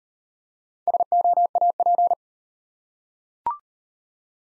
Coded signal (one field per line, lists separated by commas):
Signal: Morse code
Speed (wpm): 37 wpm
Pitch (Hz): 700 Hz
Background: none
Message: SOAP